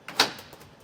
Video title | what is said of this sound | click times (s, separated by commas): etrailer - How to Install the TruXedo TruXport Soft, Roll-Up Tonneau Cover on a 2015 Toyota Tacoma | make sure it clicks we can shut our tailgate | 0.1 s, 0.2 s